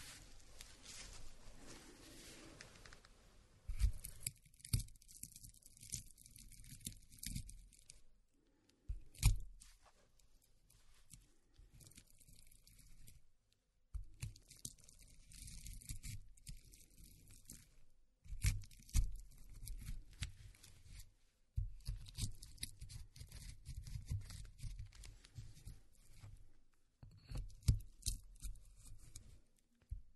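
Walnuts are ground by hand in rough, crunching bursts with scraping and sharp clicks, broken by short silent pauses roughly every few seconds.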